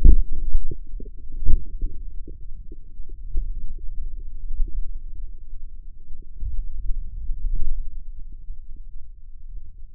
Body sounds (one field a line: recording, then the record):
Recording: forearm muscle sounds (acoustic myography)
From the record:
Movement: finger pinch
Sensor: system 2, bracelet of six BSWA MPA416 microphones around the upper forearm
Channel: 6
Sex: male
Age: 22 years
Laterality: right